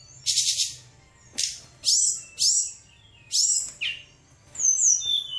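Songbird song: loud harsh buzzy bursts separated by brief pauses, ending with falling slurred whistles.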